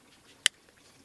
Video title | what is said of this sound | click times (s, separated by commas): Keeping Clean & Healthy Off-grid - Joolca HOTTAP - Portable Shower | like the sound of the snap | 0.5 s